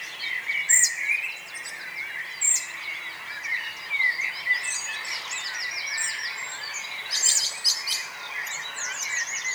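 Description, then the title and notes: Birds in chorus: several songbirds overlap with sharp high notes, rapid trills and twittering, and a few louder calls stand out above the steady background singing. Morning mood at Nonnenhorn, 10 May 2009, 04:24; birdsong and twittering. "nonnenhorn, morgenstimmung, vögel. vogelgesang, vorgelgezwitscher"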